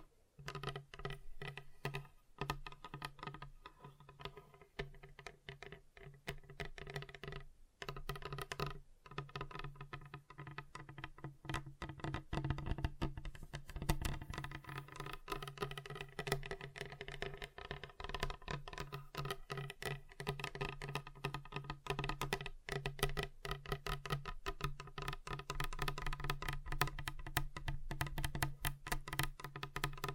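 Fingers tap on a table in dense, irregular bursts of sharp clicks over a steady low hum, continuing throughout with brief pauses early on.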